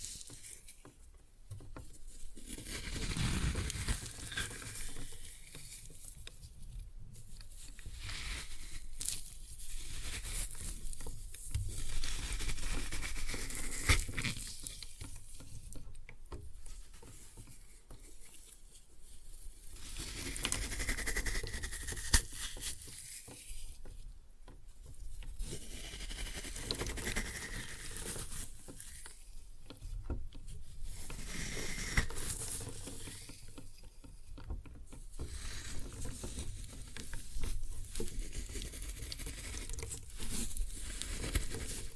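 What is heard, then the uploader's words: Floral foam is crushed in repeated bouts of dense, crackly crumbling and scratching, each lasting several seconds with brief quieter gaps between. The texture is gritty and bright with a low rumble underneath, and a few louder crunches stand out around the middle. Floral Foam Glitter Bomb Crushing.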